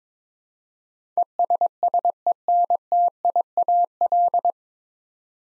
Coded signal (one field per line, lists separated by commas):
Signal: Morse code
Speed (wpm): 22 wpm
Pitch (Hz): 700 Hz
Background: none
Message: ESSENTIAL